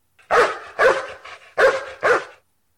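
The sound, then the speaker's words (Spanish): A dog barks four times in two quick pairs, each bark loud, sharp and mid-pitched, with short silent gaps between them and no voices. “¿Qué sentido uso para escuchar ladrar al perro?”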